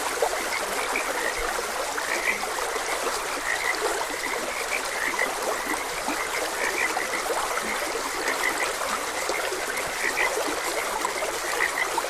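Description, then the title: Frog croaks come as quick, scattered chirpy pulses throughout, half-buried in constant flowing water noise. Frogs croaking beside a gentle stream; nature ambience recording. "Gentle Stream and Frogs Croaking"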